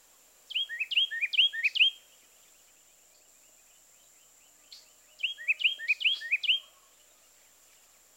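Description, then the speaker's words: Carolina Wren singing rolling phrases repeated several times in a rich burst, sung twice with a pause between. Two- and three-noted songs; song known for extreme variability. "Next, the 2 and 3-noted songs of the Carolina wren."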